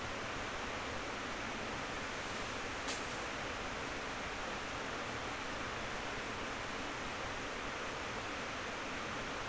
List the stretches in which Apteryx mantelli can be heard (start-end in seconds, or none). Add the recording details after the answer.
none. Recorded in New Zealand on 19 October 2013. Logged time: 01:58. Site CR37